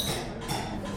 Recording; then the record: background sound without coughing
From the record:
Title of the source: 60 minutes of coffee shop sounds for study and concentration